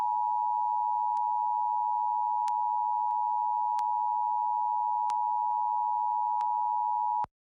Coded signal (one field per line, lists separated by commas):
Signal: Emergency Alert System (SAME) tones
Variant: 853 and 960 Hz attention tone